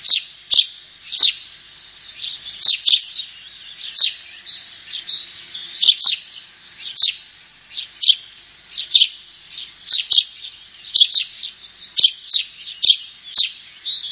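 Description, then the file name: Eurasian tree sparrow calls: sharp chirps, often in small groups, repeated over a steady background of busy twittering. "ringmus"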